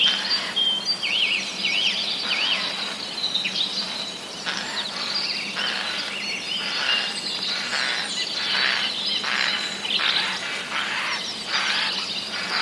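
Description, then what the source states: Eurasian jay rasping alarm calls repeated in a long uneven series of noisy bursts, with some thin whistled notes from other birds early on and constant background hiss. Recorded 29 March 2015; a jay's warning call.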